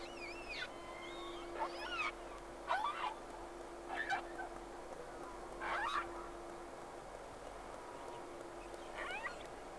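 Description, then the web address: Whale calls, a series of short buzzy pulsed bursts with sweeping harmonic bands, roughly every one to three seconds, mixed with thin wavering whistles over steady hiss and hum. Two whales, recorded 3 October 2006 at 11:30. "Sea Snake 10-3-06 Whales X 2 11-30"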